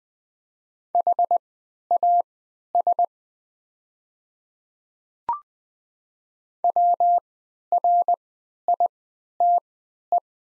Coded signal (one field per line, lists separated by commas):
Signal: Morse code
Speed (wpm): 20 wpm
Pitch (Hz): 700 Hz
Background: none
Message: HAS WRITE